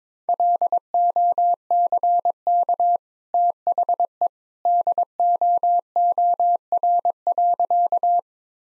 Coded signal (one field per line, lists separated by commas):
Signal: Morse code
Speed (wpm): 21 wpm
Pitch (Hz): 700 Hz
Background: none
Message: LOCK THE DOOR.